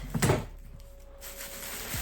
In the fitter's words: rotate the system up till it clicks